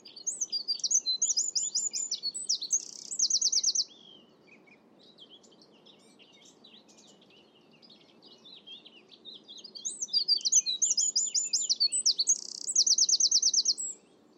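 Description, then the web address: Bird song in two high, fast twittering phrases, each ending in a rapid trill, separated by about six seconds of faint scattered chirps. "cianscape birddata Deverinetal 2025"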